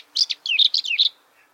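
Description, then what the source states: Whinchat giving one quick, high phrase of sliding, whistled and slightly buzzy notes lasting about a second. Russia.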